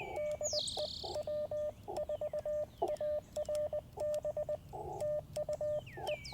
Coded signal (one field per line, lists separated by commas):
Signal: Morse code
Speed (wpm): 20 wpm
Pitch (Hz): 600 Hz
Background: radio noise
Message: DE W4ARB TU E